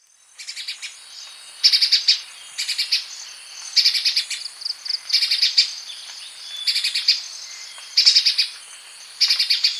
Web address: grey brested spiderhunter call